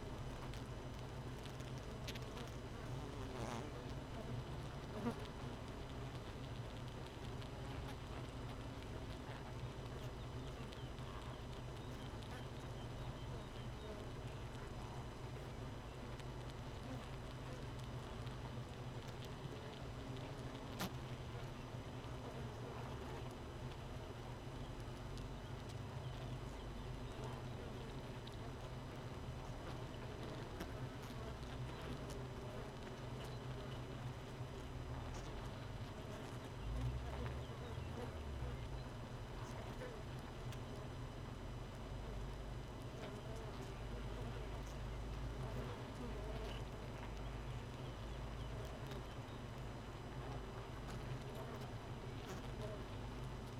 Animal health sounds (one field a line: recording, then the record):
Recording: honeybee colony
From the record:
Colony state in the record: missing queen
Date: 31 May 2018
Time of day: 4:22